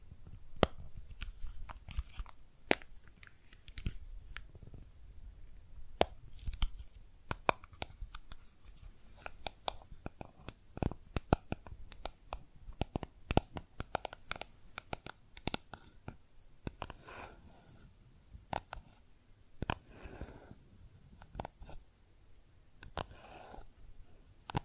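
Makeup tapping and scratching: sharp, crisp taps arrive in quick, irregular clusters throughout, some louder than others. A soft low rumble sits under the first half, and from about seventeen seconds on, brief raspy scratching strokes mix in between the taps.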